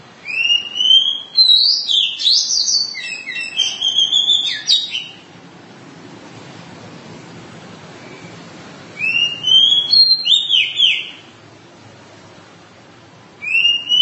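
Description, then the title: Oriental magpie-robin song: two bursts of loud, varied whistled and buzzy notes, each lasting a few seconds, with quiet gaps between and a third phrase starting at the end. Long-duration song. "Kacer"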